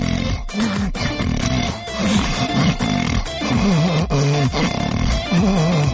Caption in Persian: آماتور گاهی به گاهیه. خروپف میتونه برای هر کسی. خواب سرتون یه جوری قرار بگیره نفستون صدا ده. یه وقتای آدم گلو درد داره.